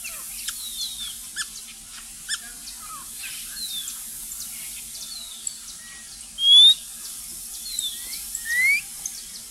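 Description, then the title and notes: White monjita whistling twice, a sharp rising note followed later by another, amid many faint high chirps and ticks from other birds. Dawn whistle called "canto del alba", given before sunrise; species seldom heard singing; solitary, wary white bird with black wing and tail tips, living in suburban, rural and shrubby areas. "Museo de Ciencias de Bahía Blanca. Monjita Blanca (Xolmis irupero). antes del amanecer deja oír un silbido denominado "canto del alba""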